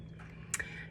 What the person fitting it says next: pops right in I love it